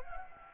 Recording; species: mosquito wingbeat signal from an infrared sensor; Anopheles gambiae